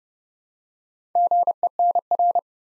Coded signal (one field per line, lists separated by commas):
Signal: Morse code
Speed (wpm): 30 wpm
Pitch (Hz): 700 Hz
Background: none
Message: GENR